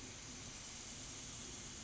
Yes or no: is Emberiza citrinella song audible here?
no